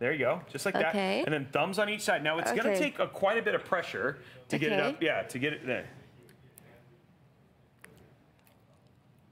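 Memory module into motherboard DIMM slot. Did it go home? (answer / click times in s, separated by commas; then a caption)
no / none. A DDR5 memory stick is lined up and pressed down with the thumbs on both ends into a motherboard DIMM slot while someone talks. Speech fills the first 6 seconds, then a few faint, quiet ticks and taps follow. The stick has not clicked into place yet.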